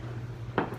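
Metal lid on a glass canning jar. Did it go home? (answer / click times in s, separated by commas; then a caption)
released / 0.6 s. A sealed metal lid on a glass canning jar of home-canned blackberry honey preserves is popped open. A sharp pop at 0.6 s breaks a low, steady hum, followed by a fainter tick near 0.8 s. The pop confirms the vacuum seal was intact and is now released.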